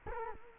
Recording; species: mosquito wingbeat signal from an infrared sensor; Culex quinquefasciatus